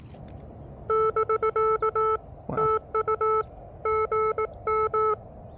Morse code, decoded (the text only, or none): <BK> TU GM